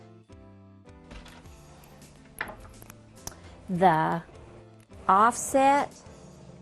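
The offset leg of a quilting frame is handled toward the frame rail over background music, with a few brief sharp knocks around 2.4, 2.8, 2.9 and 3.3 s. Someone talks in the second half of the clip. Nothing has seated or clicked into place yet.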